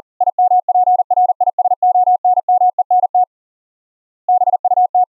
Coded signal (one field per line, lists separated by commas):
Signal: Morse code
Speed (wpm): 50 wpm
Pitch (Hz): 730 Hz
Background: none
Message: IMPRISONMENT BUT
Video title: Morse Code Instructors - conduct your CW COPY Practice Lessons over ip using this WIN 10 RTSP SERVER